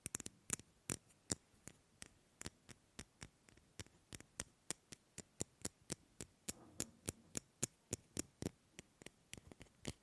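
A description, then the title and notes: Tapping on hard objects, a steady run of sharp, bright clicks roughly three or four per second, with a few quicker doubled taps near the start and around the eighth second. Faint low hum sits underneath between the strikes. ASMR Fast & Slow Tapping on 6 Objects No Talking.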